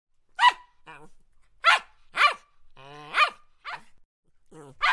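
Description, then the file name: Poodle giving bright, high-pitched barks mixed with nasal whining and whimpering yelps, alternating irregularly throughout. "poodle Dog"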